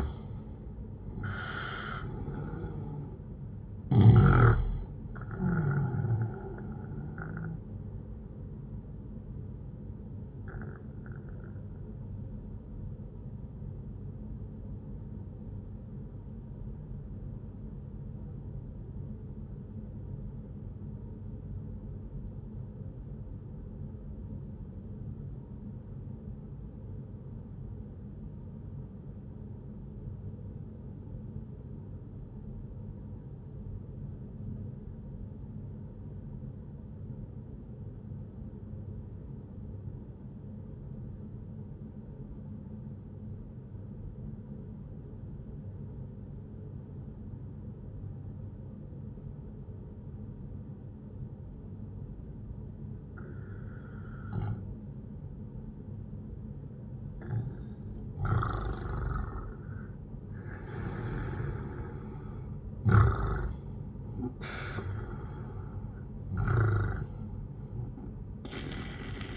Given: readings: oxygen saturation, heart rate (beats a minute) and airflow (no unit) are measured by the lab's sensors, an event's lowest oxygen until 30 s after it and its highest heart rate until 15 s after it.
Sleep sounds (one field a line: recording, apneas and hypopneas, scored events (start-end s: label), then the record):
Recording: breathing in sleep by a smartphone at the bedside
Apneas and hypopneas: 1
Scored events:
3.00-33.00 s: new sleep stage, N1 (lightest sleep)
14.00-57.20 s: obstructive apnea (N1, oxygen 97% highest, then 90% lowest, heart rate 64 at the start, 80 highest)
33.00-63.00 s: new sleep stage, N2 (light sleep)
63.00-69.37 s: new sleep stage, N1 (lightest sleep)
From the record:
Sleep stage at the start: N2 (light sleep)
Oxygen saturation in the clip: 89 to 97%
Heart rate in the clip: 59 to 80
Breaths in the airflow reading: 4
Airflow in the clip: -10.7 to 11.2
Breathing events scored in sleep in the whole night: 131 in 7.2 hours asleep